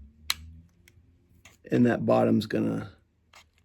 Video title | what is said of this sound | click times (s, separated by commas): Walther CCP M2 380 Takedown | that bottom latch is going to lock into place okay it just clicked over as soon as I pushed that in | 0.3 s